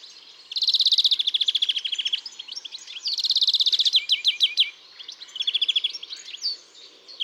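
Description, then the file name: European greenfinch twittering: long rapid trills alternating with quick up-and-down chirps, repeated almost without a pause. "Chloris chloris"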